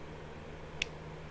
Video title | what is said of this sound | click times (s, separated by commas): Building a Lego Police Set! | we go nice click so the raft is now done | 0.8 s